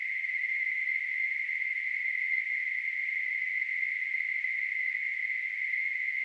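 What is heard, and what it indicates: Simulated tinnitus: a steady, continuous high-pitched hissing tone centred around 2 kHz.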